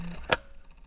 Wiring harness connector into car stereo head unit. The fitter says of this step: that's the plastic scraping on the plastic it's not clicking in but it is locked in place